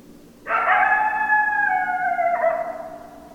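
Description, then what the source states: Coyote howl with a sudden onset, holding a level harmonic tone that breaks slightly and slowly fades away. Recorded 10 December 2012; coyotes, plural.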